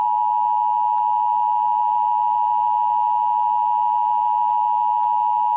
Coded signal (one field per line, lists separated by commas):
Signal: Emergency Alert System (SAME) tones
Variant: 853 and 960 Hz attention tone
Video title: EAS SCENARIO: Wendy Britt's 5 Grandchildren (WARNING! May Contain Cussing & Loud Sirens)